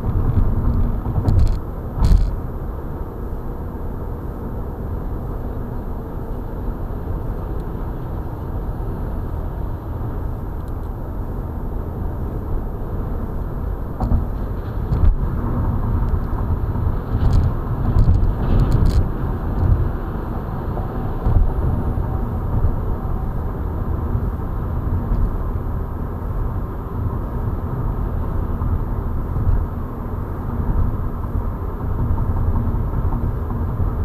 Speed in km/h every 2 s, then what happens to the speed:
89, 92, 93, 97, 97, 93, 94, 95, 94, 94, 94, 95, 94, 95, 96, 96, 94.
0-6 speeds up to 97. 6-34 steady at about 94.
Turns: none.